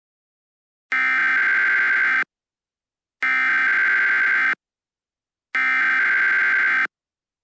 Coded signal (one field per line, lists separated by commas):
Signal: Emergency Alert System (SAME) tones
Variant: header bursts